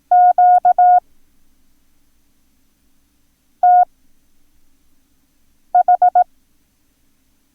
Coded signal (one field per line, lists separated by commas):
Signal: Morse code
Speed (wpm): 18 wpm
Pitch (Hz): 720 Hz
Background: none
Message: QTH